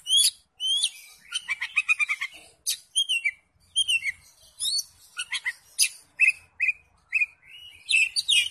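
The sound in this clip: Oriental magpie-robin song, varied whistled phrases mixing sweet slurred notes with rapid scratchy clusters, continuing with short pauses throughout.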